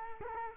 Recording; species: mosquito wingbeat signal from an infrared sensor; Culex quinquefasciatus